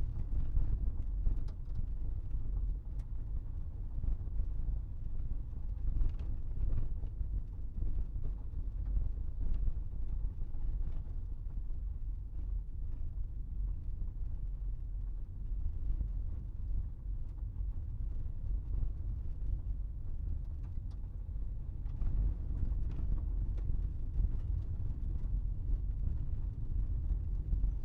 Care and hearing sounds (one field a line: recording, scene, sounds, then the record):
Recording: everyday scene through a hearing-aid microphone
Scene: in a vehicle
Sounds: engine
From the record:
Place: Berlingo II, diesel engine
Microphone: behind the ear, right, front